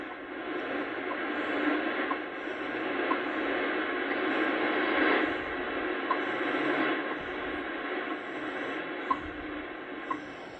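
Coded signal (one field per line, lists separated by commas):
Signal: radio time signal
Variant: WWV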